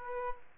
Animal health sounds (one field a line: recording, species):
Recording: mosquito wingbeat signal from an infrared sensor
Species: Aedes aegypti